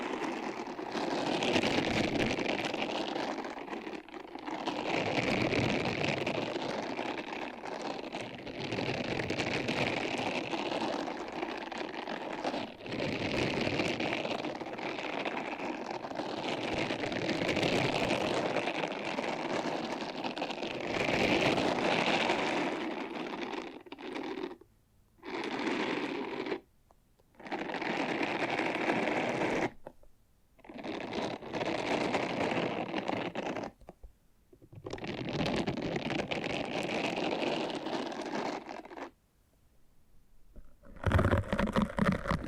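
Soft brushing and scratching sweep back and forth in dense, steady rasps, then break into short bursts separated by silent gaps after about 24 seconds.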